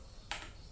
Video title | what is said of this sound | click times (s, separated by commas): Body chest strap mounting Hol | terkunci ya. | 0.3 s